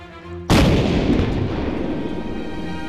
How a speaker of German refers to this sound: Und tatsächlich, die Kanone der Tankadere wurde auf dem nach Yokohama auslaufenden Dampfer gehört.